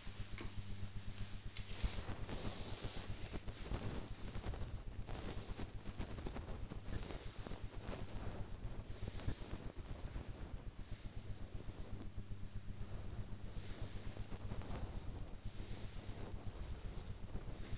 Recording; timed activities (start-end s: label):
household activities, microphone on the right wrist
0.00-5.15 s: petting the dog
9.15-17.78 s: petting the dog